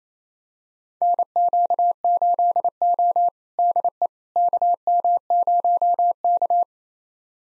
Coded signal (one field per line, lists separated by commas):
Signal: Morse code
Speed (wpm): 28 wpm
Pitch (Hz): 700 Hz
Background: none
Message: NQ8O DE KM0K